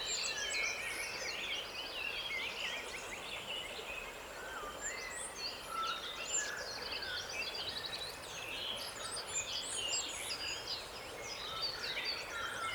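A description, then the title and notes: Many birds sing at once in a dense, overlapping chorus of bright chirps and trills, steady throughout over a soft outdoor hiss. Sweet Bird Songs.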